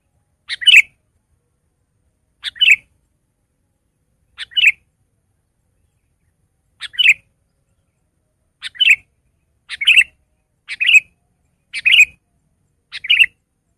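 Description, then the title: Sooty-headed bulbul calls: short bright chirps given singly or in pairs every one to two seconds, coming closer together toward the end. "kutilang"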